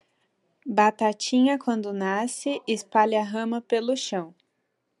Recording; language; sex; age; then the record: short text; Brazilian Portuguese; female; 20 to 29 years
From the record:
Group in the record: control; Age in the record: 21 years